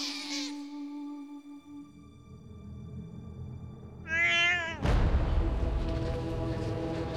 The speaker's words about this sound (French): Soudain, il tourne la tête en direction d'une petite maison de briques. Il a entendu des cris d'enfants très aigus. C'est Socrate. Il vient tout juste de naître.